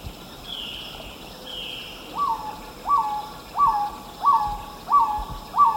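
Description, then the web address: Black-tailed Trogon beginning a paced series of abrupt rising notes, about three every two seconds, after two soft hissy sounds; quiet hum in the background. Eastern lowlands of South America. "Natures Songs S America Eastern Lowlands Black-tailed Trogon"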